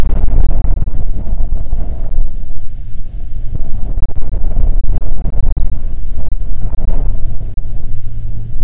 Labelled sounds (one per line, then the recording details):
wind
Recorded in the Prudhoe Bay oil fields, Alaska, on 21 June 2019 at 11:18
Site 22